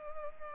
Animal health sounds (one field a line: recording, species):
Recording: mosquito wingbeat signal from an infrared sensor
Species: Culex pipiens